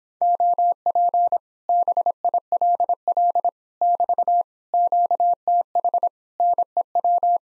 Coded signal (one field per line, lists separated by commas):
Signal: Morse code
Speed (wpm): 26 wpm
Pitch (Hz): 700 Hz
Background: none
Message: OP BILL <BT> QTH NEW